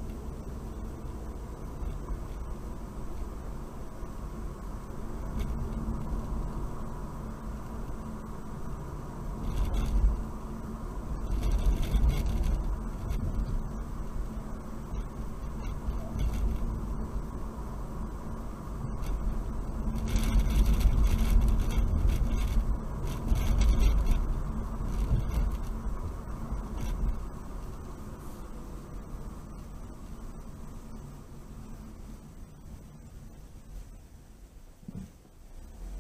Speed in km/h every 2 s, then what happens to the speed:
29, 35, 37, 39, 40, 39, 37, 37, 40, 40, 40, 35, 44, 40, 34, 26, 16, 6.
0-7 speeds up to 40. 7-14 steady at about 37. 14-24 speeds up to 44. 24-36 slows to 6.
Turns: none.